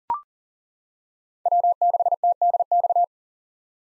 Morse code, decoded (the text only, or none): W6TDX